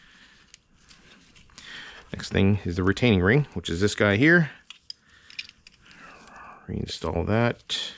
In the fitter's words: sit here and file these little teeth a little bit to get them in place but this one seem to be okay snap right in